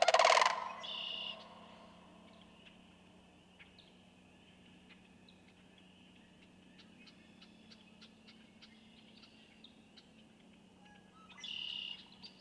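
Sandhill crane gives one brief, rough, rolling rattle at the start, then a long quiet stretch with scattered faint high bird chirps and another call near the end.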